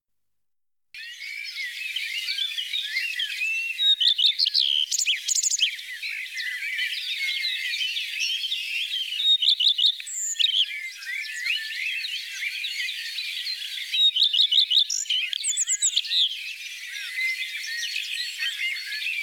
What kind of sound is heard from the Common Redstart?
song